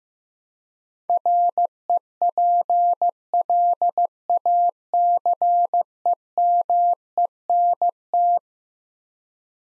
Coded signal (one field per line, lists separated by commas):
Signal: Morse code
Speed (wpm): 15 wpm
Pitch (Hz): 700 Hz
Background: none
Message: REPLACEMENT